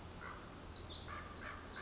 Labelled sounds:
Pacific Wren
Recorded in Sonoma County, California

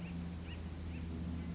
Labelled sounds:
Acorn Woodpecker
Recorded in Sonoma County, California

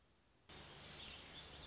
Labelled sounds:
Black-throated Gray Warbler
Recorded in Sonoma County, California

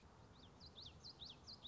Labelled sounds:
Common Yellowthroat
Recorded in Sonoma County, California

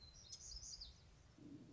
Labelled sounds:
Black-throated Gray Warbler
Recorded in Sonoma County, California

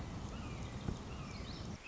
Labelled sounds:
Red-shouldered Hawk
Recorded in Sonoma County, California

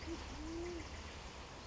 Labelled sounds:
Band-tailed Pigeon
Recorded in Sonoma County, California

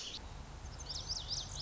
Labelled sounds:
Lazuli Bunting
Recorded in Sonoma County, California

